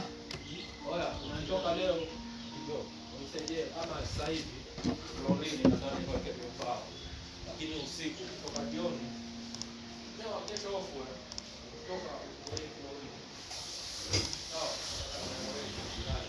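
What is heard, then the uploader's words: Morning chatter fills the restaurant as several voices talk over one another without pause. Short clinks and knocks of dishes or utensils punctuate the talk every second or so, with a steady low hum beneath and a brief brighter hiss near the fourteen-second mark. Mornings at Oleza Restaurant.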